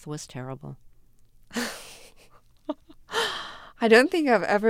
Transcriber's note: laughter